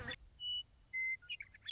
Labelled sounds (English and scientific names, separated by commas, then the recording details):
Western Meadowlark (Sturnella neglecta)
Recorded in Sonoma County, California